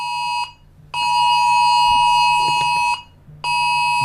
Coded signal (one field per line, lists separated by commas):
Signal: Emergency Alert System (SAME) tones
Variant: 853 and 960 Hz attention tone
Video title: EAS alarm